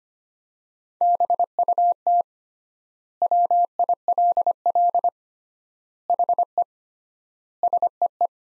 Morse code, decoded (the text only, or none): BUT WILL HE SEE